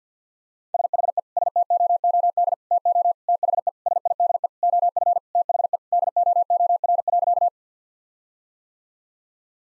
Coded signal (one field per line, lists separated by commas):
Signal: Morse code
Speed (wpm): 50 wpm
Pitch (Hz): 700 Hz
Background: none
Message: SHE STOOD TO THE SIDE OF THE DOOR.